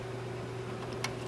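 An ink cartridge is pushed into its slot in an HP Officejet Pro 8100 ePrinter over a steady low hum. A short, sharp click at 1.1 s shows the cartridge seating in place.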